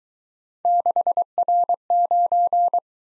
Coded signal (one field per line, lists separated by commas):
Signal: Morse code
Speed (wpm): 23 wpm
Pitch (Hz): 700 Hz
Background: none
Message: 6R9